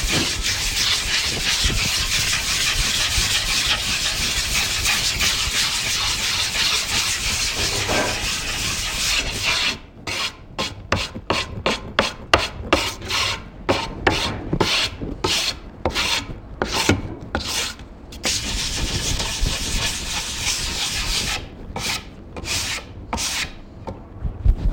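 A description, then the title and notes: Sandpaper rubs on wood, bright. For the first ten seconds the scraping is steady and unbroken; after that it turns into quick back-and-forth strokes with short gaps, a brief continuous stretch near eighteen seconds, then strokes again to the end. FS#23: Woodsanding by Ian Battenfield Headley.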